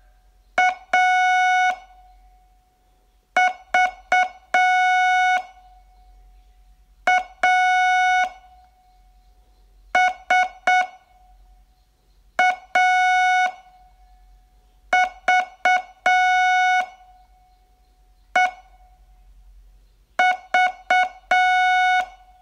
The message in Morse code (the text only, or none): A V A S A V E V